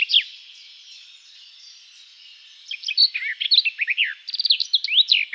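Garden warbler song in which a single early note is followed by quiet, then an energetic run of fast, varied warbled notes.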